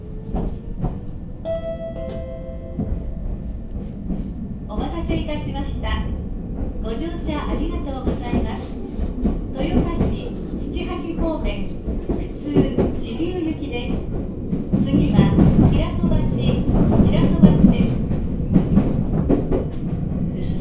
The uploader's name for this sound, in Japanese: 名古屋鉄道 豊田線 猿投→梅坪→赤池